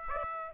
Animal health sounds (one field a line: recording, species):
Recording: mosquito wingbeat signal from an infrared sensor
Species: Aedes aegypti